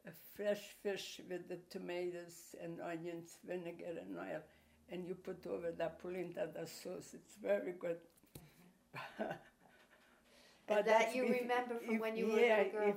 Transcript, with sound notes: fresh fish with the tomatoes and onions, vinegar and oil. And you put over that polenta, that sauce, it's very good. (laughing)
That you remember from when you were a little girl?